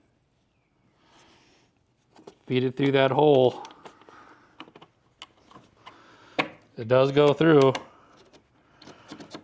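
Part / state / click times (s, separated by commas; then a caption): plastic snap anchor into drilled hole in boat deck / not seated / none. A plastic snap-in anchor is fed through a drilled hole in a boat deck for a bow-mount quick-release trolling motor mount while someone talks. Faint handling taps and scrapes sound between the speech. Nothing has snapped or seated yet.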